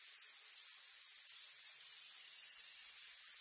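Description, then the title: São Francisco sparrow calls: a few isolated high, thin notes, then a quick run of sharp, high-pitched twittering notes. "LuckyPassaro Completos2Sama. Sao Francisco Sparrow (Arremon franciscanus)"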